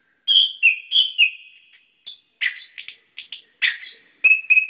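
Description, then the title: Bird whistling a few clear, drawn-out notes, then sharp separate chirps, finishing with a few short whistled calls. "SuaraBurung Kicau4"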